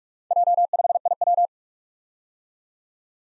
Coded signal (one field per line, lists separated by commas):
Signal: Morse code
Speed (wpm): 44 wpm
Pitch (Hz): 700 Hz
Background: none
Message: J5IW